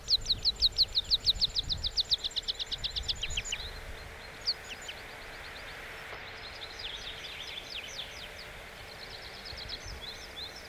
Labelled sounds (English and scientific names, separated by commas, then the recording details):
Meadow Pipit (Anthus pratensis) song
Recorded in the wild
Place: Bruchberg, Niedersachsen, DE
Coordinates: 51.78, 10.52
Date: 1986-06-15
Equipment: Sony WM-D6C, Parabolscheibe
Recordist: Skiba, Reinald